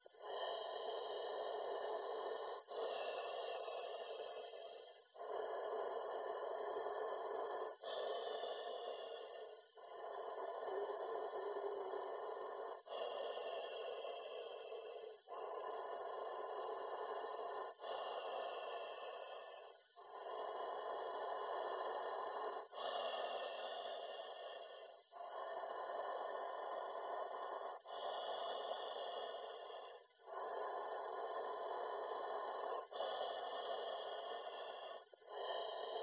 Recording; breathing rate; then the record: paced breathing near a phone; 12 breaths a minute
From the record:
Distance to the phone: 20 cm